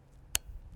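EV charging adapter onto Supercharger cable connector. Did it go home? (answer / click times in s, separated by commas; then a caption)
yes / 0.4 s. A third-party NACS charging adapter is pushed firmly onto a Supercharger cable connector, and its latch makes one very sharp, loud click at 0.4 s. The adapter is seated, with its latch engaged. No one talks during the clip.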